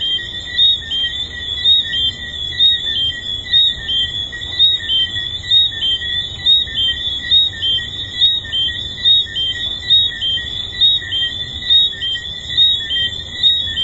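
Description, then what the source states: Tree frogs calling together, high whistled notes repeated about once a second, loudness rising and falling with each. Tree frogs recorded at the Hedonism II resort.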